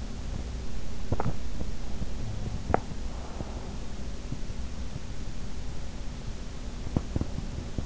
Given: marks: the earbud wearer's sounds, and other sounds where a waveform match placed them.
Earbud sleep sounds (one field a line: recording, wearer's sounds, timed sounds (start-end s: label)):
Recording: sounds in sleep by an in-ear microphone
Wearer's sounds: swallowing, teeth grinding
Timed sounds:
0.88-1.81 s: swallowing
2.50-2.98 s: teeth grinding
6.92-7.85 s: teeth grinding